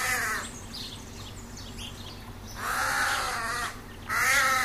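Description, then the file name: Carrion crow cawing: a harsh caw at the start, then a long rasping caw, and a third caw running to the end. "Corvus corone"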